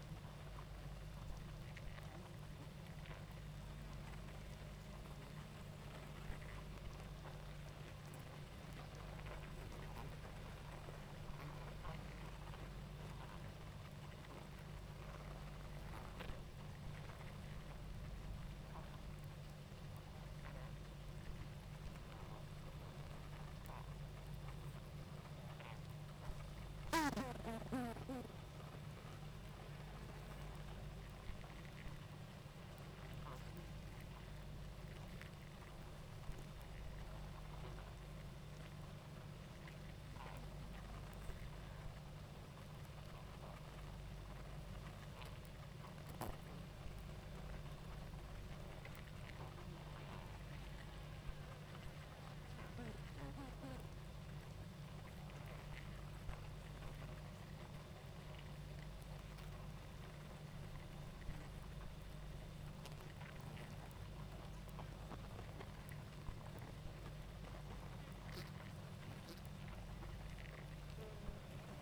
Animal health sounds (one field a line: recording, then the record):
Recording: honeybee colony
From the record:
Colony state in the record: active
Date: 28 July 2017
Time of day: 19:15